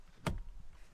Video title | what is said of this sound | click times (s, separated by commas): UPGRADE Your 09-14 F150/Raptor Steering Wheel with CARBON FIBER! | Okay, so now it's popped. | 0.3 s